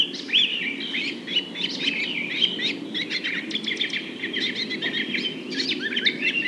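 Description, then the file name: Nightingale singing a dense, chattering stream of rapid notes and buzzy trills, steady throughout with little pause. Several nightingales. "rossignols"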